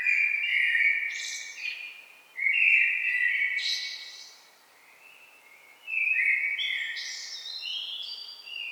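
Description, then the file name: Common blackbird singing a run of low, warbled whistled phrases, each capped by thin high twittering notes, with a short pause midway. "Turdus merula"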